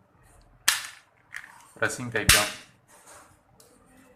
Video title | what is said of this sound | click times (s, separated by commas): how to repair Philips trimmer | இருக்குது, lock இதில் வச்சுட்டு ப்ரெஸ்ஸிங் | 0.7 s